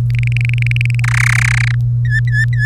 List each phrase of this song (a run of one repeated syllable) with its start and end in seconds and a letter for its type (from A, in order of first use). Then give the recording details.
0.10-1.00 A, 1.04-1.75 B, 2.05-2.65 C. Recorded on 30 April 2018 at 14:41. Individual llb3